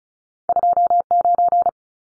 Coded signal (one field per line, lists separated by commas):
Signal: Morse code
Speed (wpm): 36 wpm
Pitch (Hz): 700 Hz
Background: none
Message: 29